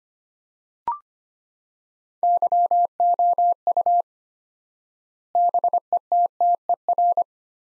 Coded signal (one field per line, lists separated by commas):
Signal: Morse code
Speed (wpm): 25 wpm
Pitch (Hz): 700 Hz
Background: none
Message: YOU BETTER